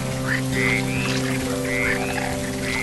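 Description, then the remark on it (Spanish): Frogs croak in a steady chorus, repeated chirping calls rising and falling over a constant low hum, with no voices present. “Canta la rana debajo del agua.”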